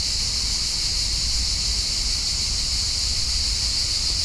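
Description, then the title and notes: Cicadas sustain a loud, flat, high-pitched hiss-like drone, with low rumble below. Many cicadas calling at high volume in summer in Parque Vale do Silêncio, a park in Lisbon, Portugal; recorded binaurally with Church-audio microphones and a Zoom H4n. "Parque Vale do Silêncio, 1800 Lisbon, Portugal - Summer cicadas. High volume cicadas on the park"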